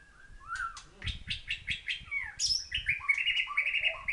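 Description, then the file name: White-rumped shama: a quick series of sharp clicking notes giving way to bright, sustained whistled phrases, with some low thumping noise beneath. Thailand. "murai thailand"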